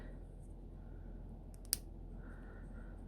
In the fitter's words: So there's a little click which you can hear, and then you can see that it